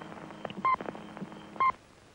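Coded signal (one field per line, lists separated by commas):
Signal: speaking clock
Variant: Australian Post Office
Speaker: the third stroke it will be ten twenty seven and twenty second at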